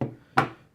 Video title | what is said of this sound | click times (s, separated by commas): Compared: Leatherman Wave VS Leatherman Rebar. Which one do you prefer? | the tools on both multi tools lock into place with these like t-bar style locks | 0.4 s